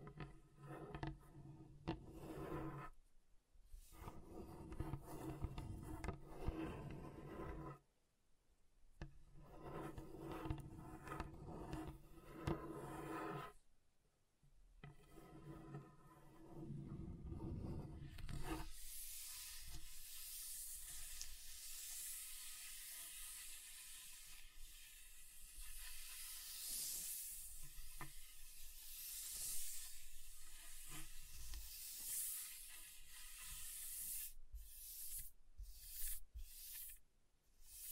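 Scratching on a table in dense, low grinding bursts with short pauses, then after about eighteen seconds turning into a brighter, steady hissing scrape.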